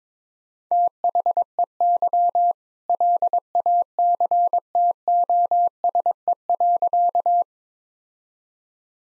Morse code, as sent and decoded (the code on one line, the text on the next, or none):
- .... . -.-- / .-.. .- -.-. - --- ... . .-.-.-
THEY LACTOSE.